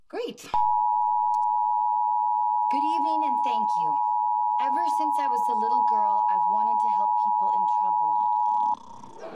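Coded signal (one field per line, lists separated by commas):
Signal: Emergency Alert System (SAME) tones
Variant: 853 and 960 Hz attention tone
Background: speech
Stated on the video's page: Monthly EAS tests, mostly required monthly tests, from TV stations; encoders are DASDEC-IIs unless noted.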